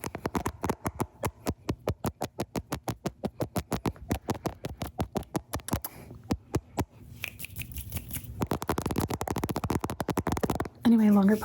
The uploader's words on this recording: ASMR Camera Tappies! (Tapping directly on the camera + your face).